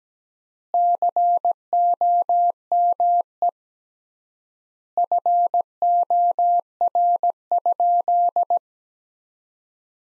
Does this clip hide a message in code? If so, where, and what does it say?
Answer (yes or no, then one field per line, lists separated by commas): yes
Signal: Morse code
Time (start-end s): 0.7-8.6 s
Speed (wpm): 17 wpm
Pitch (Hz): 700 Hz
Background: none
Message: COME FOR?